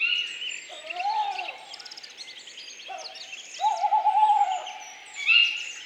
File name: Chouette hulotte